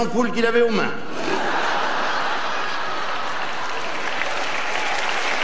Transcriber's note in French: rires